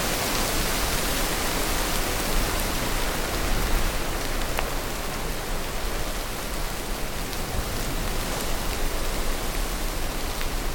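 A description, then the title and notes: Steady rain falls in a dense, even hiss that fills the whole range from low rumble to bright top, with no pauses or swells. Occasional faint ticks and drips stand out briefly, around four and a half seconds and scattered later. COASTAL RAIN. Irish Coast.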